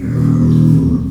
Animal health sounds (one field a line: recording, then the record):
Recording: squeal of a Yucatan mini pig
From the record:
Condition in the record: after surgery on the right vocal fold (resection and tissue-engineered implant)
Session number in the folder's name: 13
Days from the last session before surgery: 113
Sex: female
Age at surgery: 19 weeks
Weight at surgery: 25 kg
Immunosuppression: prednisolone